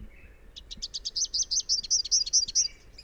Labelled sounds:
Rufous-capped Warbler song
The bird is a male
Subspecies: rufifrons
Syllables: 17
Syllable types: 5
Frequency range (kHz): 2.9-6.3 kHz
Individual SP-SBOB-M

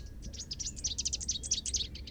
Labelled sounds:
Rufous-capped Warbler song
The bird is a female
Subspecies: rufifrons
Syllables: 17
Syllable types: 7
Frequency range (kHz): 2.7-8.7 kHz
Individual SP-R13-F

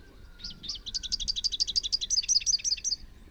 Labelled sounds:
Rufous-capped Warbler song
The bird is a male
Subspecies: rufifrons
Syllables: 31
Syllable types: 6
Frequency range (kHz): 2.2-6.3 kHz
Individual YA-R09-M

